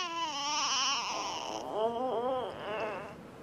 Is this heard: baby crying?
yes